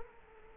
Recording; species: mosquito wingbeat signal from an infrared sensor; Culex quinquefasciatus